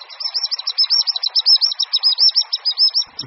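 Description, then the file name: Common sandpiper giving a rapid series of high, thin piping notes, continuing to the end, over steady background noise. "Pisík-obecný"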